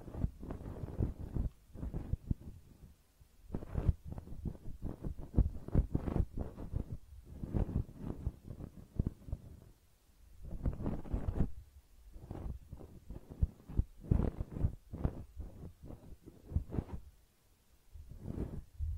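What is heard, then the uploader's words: Close-up ear cleaning, heard as a dense run of muffled, low thumps and rubbing scrapes right against the microphone. The bursts come quickly and unevenly, with brief quieter gaps around ten and eighteen seconds, and occasional brighter crackles above the dull pressing sounds. ASMR Personal Attention Close Up Ear Cleaning (No Talking).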